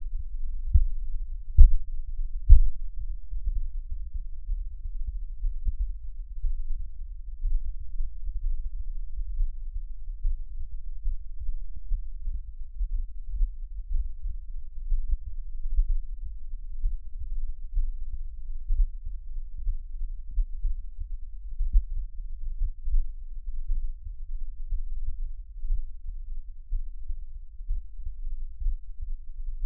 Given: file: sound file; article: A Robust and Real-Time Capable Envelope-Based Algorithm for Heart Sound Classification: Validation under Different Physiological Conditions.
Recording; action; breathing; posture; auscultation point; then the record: heart sounds by electronic stethoscope; rest; normal; lying on back; Erb’s point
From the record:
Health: healthy, no known heart disease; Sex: male